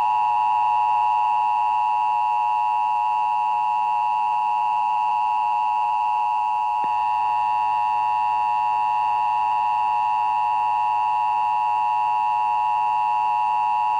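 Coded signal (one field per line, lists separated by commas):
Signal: Emergency Alert System (SAME) tones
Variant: 853 and 960 Hz attention tone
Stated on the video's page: National Emergency Broadcast System test aired on WOSU TV34, Columbus, Ohio.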